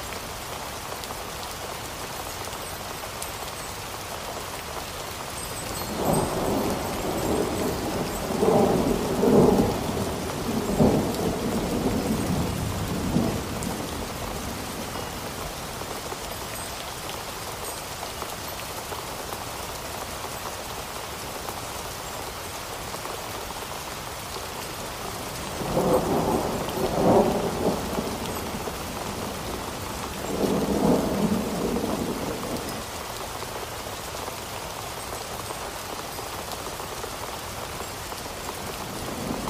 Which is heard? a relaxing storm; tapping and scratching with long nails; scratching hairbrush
a relaxing storm